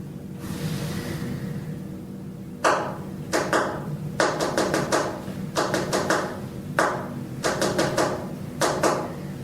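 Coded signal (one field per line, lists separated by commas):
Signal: tap code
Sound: quiet room, then clusters of sharp finger taps in uneven groups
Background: quiet room hum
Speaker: There's even another tap code in this video. This one is Dad thought we had mice. Which translates to B Y D H A N A N. which I assume is supposed to be by Hannah.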